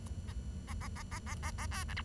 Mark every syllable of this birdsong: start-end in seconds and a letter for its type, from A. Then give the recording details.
0.28-0.32 A, 0.67-0.73 A, 0.81-0.88 A, 0.96-1.03 A, 1.11-1.19 A, 1.26-1.34 A, 1.43-1.51 A, 1.58-1.66 A, 1.71-1.84 B, 1.88-1.94 C, 1.97-2.02 D. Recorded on 23 June 2012 at 10:09. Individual gr41rd51